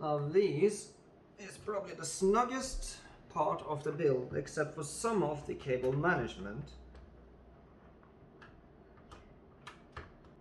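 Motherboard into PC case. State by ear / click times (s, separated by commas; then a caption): not seated / none. A motherboard is pressed into a snug fit in a gaming PC case, against the I/O area and standoffs. Someone talks for the first several seconds, then small ticks rise in loudness at about 7.0, 8.0, 8.4, 9.7 and 10.0 seconds. Nothing has seated or clicked into place yet.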